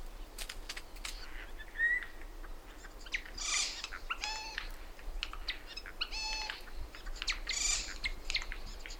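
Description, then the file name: Eurasian jay giving several hoarse, rasping calls among sharp clicks, with a brief thin whistle near the start. "Garrulus glandarius"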